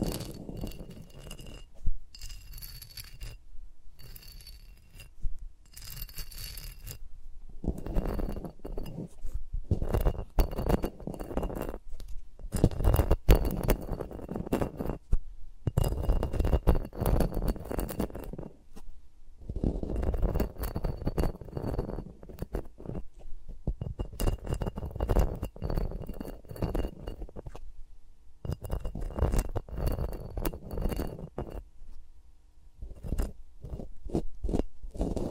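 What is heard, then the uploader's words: Fingers rub and tap around microphones in dense rustling bursts, pausing briefly near 7, 15 and 33 seconds, with occasional sharp clicks. ASMR with Mics Around My Fingers (No Talking).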